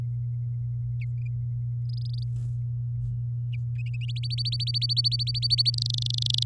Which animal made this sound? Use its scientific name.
Serinus canaria